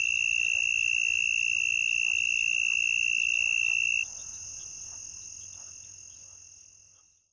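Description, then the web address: Southern mole cricket's steady high trill runs for about four seconds, then stops abruptly, while a faint high pulsing sound continues and fades to silence. "The Songs of Insects. Southern Mole Cricket"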